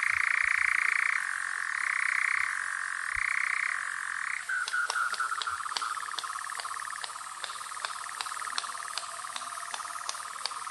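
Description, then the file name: European nightjar churring, a dry continuous mechanical trill that shifts pitch several times, then drops lower with sharp clicks scattered through it. "natteravn"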